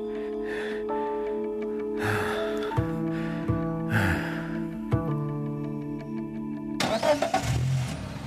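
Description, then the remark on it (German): A car engine cranks and catches, then idles and revs with a steady mechanical hum before accelerating louder at the end as the car is taken and driven off, with some breathy gasps mixed in. “Hey, stopp! Das ist mein Auto!”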